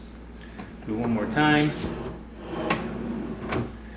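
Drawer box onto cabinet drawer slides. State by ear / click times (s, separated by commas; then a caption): seated / 2.7 s, 3.5 s. A drawer box is slid onto cabinet drawer slides, pulled all the way out and pushed back in again so the slide clips engage, while someone talks. Sliding rumbles are followed by sharp clicks at 2.7 s and 3.5 s as the drawer seats onto the slides, and the drawer is confirmed installed.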